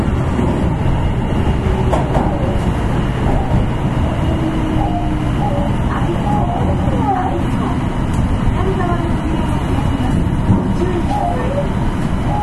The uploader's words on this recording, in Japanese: 北大阪急行 9000系。大阪市営地下鉄 御堂筋線内。新大阪から中百舌鳥までです。この時もご多分にもれず多客で。